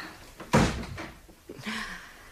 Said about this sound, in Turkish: Önce kapıyı kapatayım.